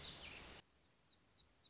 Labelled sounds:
Black-throated Gray Warbler
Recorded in Sonoma County, California

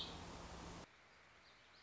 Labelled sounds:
Warbling Vireo
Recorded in Sonoma County, California

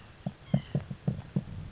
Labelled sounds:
White-breasted Nuthatch
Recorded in Sonoma County, California

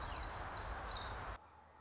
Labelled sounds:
Orange-crowned Warbler
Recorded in Sonoma County, California

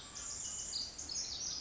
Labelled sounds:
Pacific Wren
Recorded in Sonoma County, California

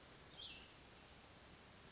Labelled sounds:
Cassin's Vireo
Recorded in Sonoma County, California

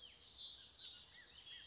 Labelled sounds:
Bullock's Oriole
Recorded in Sonoma County, California

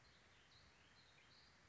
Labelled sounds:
Song Sparrow
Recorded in Sonoma County, California

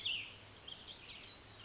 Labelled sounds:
Cassin's Vireo
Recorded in Sonoma County, California

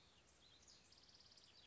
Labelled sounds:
House Wren
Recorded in Sonoma County, California

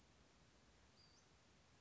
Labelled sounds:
Western Flycatcher
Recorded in Sonoma County, California

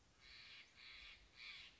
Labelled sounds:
Steller's Jay
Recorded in Sonoma County, California

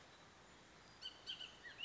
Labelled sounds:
Bullock's Oriole
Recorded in Sonoma County, California

